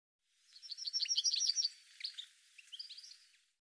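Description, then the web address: Bird with a softer, rapid twittering phrase of high chirps, tailing off into scattered notes, over faint background hiss. "cianscape birddata Deverinetal 2025 File cleaned normalized Bird"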